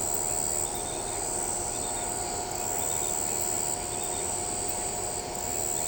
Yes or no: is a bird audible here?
no